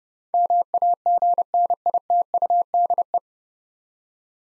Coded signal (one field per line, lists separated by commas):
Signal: Morse code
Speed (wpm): 30 wpm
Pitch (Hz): 700 Hz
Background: none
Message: MAGNITUDE